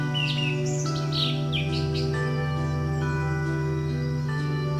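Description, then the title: Bird chirps in a quick run of slurred, descending notes during the first two seconds, then only a constant low hum with faint tonal lines. "SuaraBurung Kicau"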